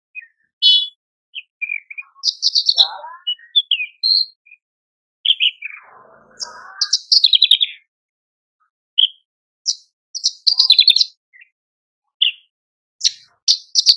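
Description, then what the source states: Horsfield's bush lark song: varied high chirps and short trills, with a brief buzzy descending phrase near the middle and pauses between bursts. Masteran (cage-bird training) recording of Horsfield's bush lark song, described as very active (super gacor) and effective.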